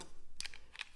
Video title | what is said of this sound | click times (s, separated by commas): In Helmet Video and Audio Set Up | you can slide this up behind it and it clicks into place it's got a little click | 0.4 s